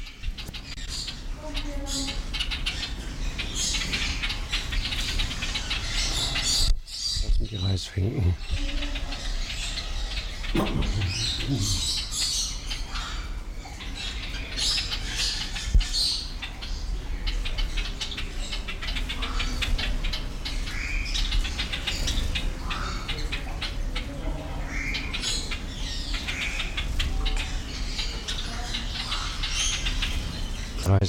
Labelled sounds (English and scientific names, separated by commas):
Java Sparrow (Lonchura oryzivora)